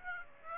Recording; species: mosquito wingbeat signal from an infrared sensor; Aedes aegypti